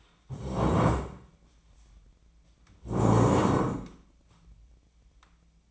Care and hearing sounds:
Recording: daily activity, microphone in the room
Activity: stand up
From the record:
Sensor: 1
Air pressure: 1012.3 hPa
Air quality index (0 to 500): 170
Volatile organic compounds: 3 ppm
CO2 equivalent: 1400 ppm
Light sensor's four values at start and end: 48/128/53/64 and 48/130/53/66

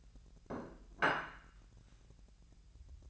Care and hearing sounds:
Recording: daily activity, microphone in the room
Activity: place plate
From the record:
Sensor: 2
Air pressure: 1000.1 hPa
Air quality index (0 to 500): 132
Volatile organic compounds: 2 ppm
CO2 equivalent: 1129 ppm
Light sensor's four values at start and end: 26/65/28/30 and 26/65/28/30

